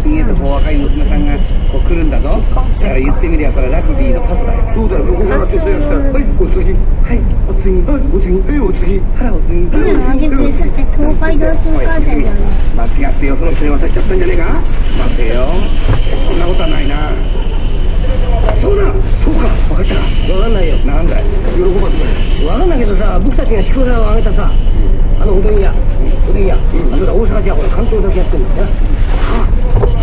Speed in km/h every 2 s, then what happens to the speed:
0, 0, 0, 0, 0, 0, 0, 0, 0, 0, 0, 0, 0, 0, 0.
0-30 standing.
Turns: none.